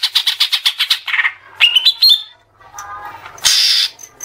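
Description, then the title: Oriental magpie-robin: a run of quick chirps, then thin rising whistles, softer low notes and a final harsh rasp. "Kacer"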